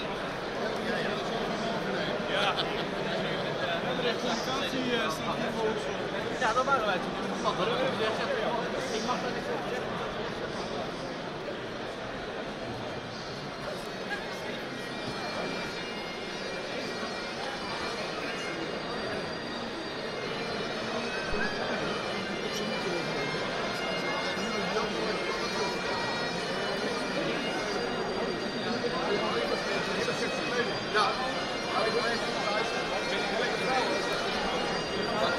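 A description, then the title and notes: A busy indoor festival crowd fills a large, echoing church hall with a steady, dense murmur of many overlapping voices. The level holds even throughout, with occasional brighter clinks and nearer voices surfacing briefly above the constant low hum of conversation. Recording of the general atmosphere at the International Whisky Festival 2013 in de Grote Kerk, The Hague.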